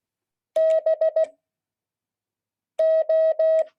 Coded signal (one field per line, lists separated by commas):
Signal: Morse code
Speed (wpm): 16 wpm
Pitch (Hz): 640 Hz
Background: none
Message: B O